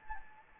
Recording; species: mosquito wingbeat signal from an infrared sensor; Anopheles gambiae